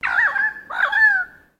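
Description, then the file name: Currawong call: two ringing, slightly rough notes, the second long and drawn out, fading after about a second and a half in quiet surroundings. "BIRD CURRAWONG CALL"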